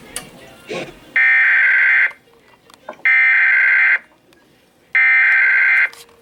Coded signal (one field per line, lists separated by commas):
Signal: Emergency Alert System (SAME) tones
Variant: header bursts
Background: speech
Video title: A LIL' BIT OF EVERYTHING... EAS Alerts from 7/1/21 (EAS #5,878 - 5,893)